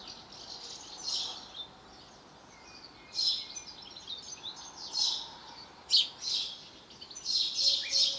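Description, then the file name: House sparrow giving scratchy chirps, scattered at first, then coming in quicker clusters toward the end, against a soft background hiss. "Passer domesticus"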